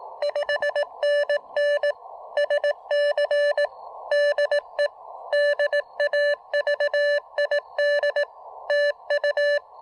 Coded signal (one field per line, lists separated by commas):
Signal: Morse code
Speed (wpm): 18 wpm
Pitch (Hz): 590 Hz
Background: none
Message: 5NN SC DE DAVID TU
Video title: Taking the KM4ACK 40 meter EFHW on its maiden QRP field activation!